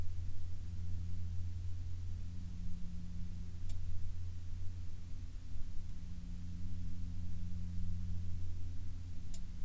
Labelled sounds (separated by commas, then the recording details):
aircraft
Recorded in the Prudhoe Bay oil fields, Alaska, on 12 May 2019 at 12:15
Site 16